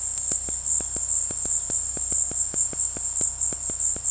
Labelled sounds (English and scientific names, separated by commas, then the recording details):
none
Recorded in dense forest near Puerto Asís, Putumayo, Colombia, on 21 February 2024 at 17:00
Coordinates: 0.487, -76.319
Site G6403